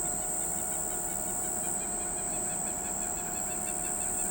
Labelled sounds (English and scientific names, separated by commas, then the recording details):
Southern Lapwing (Vanellus chilensis)
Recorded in pastures near Pivijay, Magdalena, Colombia, on 15 April 2023 at 03:30
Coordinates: 10.456, -74.369
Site P6-G026